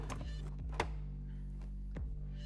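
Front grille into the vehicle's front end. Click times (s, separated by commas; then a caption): 0.8 s, 2.0 s. A front grille is pushed back into its location on the front end of a 2007-2018 Jeep Wrangler JK, and its plastic retaining clips snap home with sharp pops at 0.8 s and 2.0 s over a steady low hum. The grille is seated.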